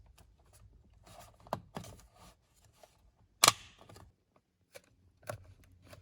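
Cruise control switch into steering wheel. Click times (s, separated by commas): 1.5 s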